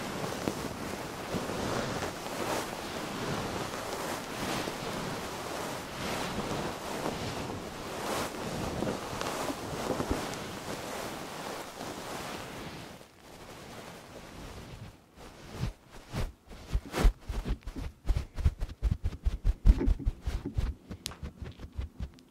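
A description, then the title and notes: A fluffy microphone is rubbed and brushed, giving a dense, whooshing rustle with slow surges, like wind or surf, for about thirteen seconds. After a brief quiet, sharp muffled taps and thumps take over, coming faster and more irregularly toward the end. Fluffy Mic Ear Attention. Ear Massage Ear Muffs on 3dio Ear to Ear.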